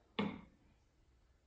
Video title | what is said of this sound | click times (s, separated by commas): What to do If your Lumenok fits snug | So what I do is just give it a little bit of pressure. It takes about 20 pounds or so, but you'll hear it click in | 0.2 s